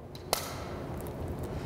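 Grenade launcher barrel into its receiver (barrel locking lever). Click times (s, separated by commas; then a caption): 0.3 s. The loaded barrel of a light grenade launcher is pivoted back into the receiver, and the barrel locking lever catches the barrel with one sharp, bright click at 0.3 s. Fainter ticks follow at 1.0 and 1.1 s over a steady low background hum. The barrel is seated and locked.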